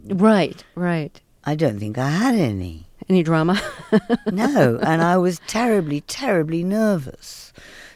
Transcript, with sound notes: Right. Right.
I don't think I had any.
Any drama (laughter)?
No. And I was terribly, terribly nervous.